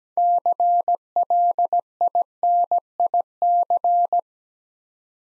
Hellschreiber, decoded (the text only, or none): none